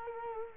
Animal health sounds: mosquito wingbeat signal from an infrared sensor; Culex quinquefasciatus

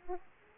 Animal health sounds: mosquito wingbeat signal from an infrared sensor; Aedes aegypti

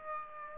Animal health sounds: mosquito wingbeat signal from an infrared sensor; Aedes aegypti

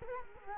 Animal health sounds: mosquito wingbeat signal from an infrared sensor; Culex quinquefasciatus

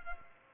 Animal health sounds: mosquito wingbeat signal from an infrared sensor; Culex pipiens

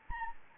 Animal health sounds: mosquito wingbeat signal from an infrared sensor; Anopheles gambiae

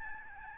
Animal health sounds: mosquito wingbeat signal from an infrared sensor; Aedes albopictus

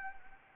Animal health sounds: mosquito wingbeat signal from an infrared sensor; Anopheles gambiae

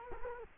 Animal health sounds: mosquito wingbeat signal from an infrared sensor; Culex quinquefasciatus

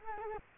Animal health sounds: mosquito wingbeat signal from an infrared sensor; Culex quinquefasciatus

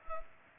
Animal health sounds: mosquito wingbeat signal from an infrared sensor; Culex pipiens

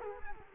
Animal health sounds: mosquito wingbeat signal from an infrared sensor; Culex quinquefasciatus

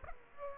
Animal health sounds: mosquito wingbeat signal from an infrared sensor; Aedes aegypti

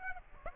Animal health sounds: mosquito wingbeat signal from an infrared sensor; Aedes aegypti

